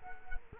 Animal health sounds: mosquito wingbeat signal from an infrared sensor; Culex quinquefasciatus

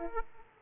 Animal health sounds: mosquito wingbeat signal from an infrared sensor; Aedes aegypti

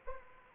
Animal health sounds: mosquito wingbeat signal from an infrared sensor; Anopheles arabiensis

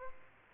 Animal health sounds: mosquito wingbeat signal from an infrared sensor; Aedes aegypti

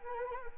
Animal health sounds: mosquito wingbeat signal from an infrared sensor; Anopheles arabiensis

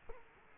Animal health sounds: mosquito wingbeat signal from an infrared sensor; Culex quinquefasciatus

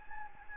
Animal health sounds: mosquito wingbeat signal from an infrared sensor; Anopheles gambiae

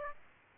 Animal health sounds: mosquito wingbeat signal from an infrared sensor; Aedes aegypti

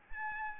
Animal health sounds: mosquito wingbeat signal from an infrared sensor; Aedes albopictus

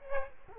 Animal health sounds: mosquito wingbeat signal from an infrared sensor; Culex quinquefasciatus

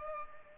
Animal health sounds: mosquito wingbeat signal from an infrared sensor; Culex pipiens

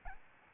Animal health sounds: mosquito wingbeat signal from an infrared sensor; Aedes albopictus

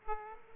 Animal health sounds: mosquito wingbeat signal from an infrared sensor; Aedes aegypti

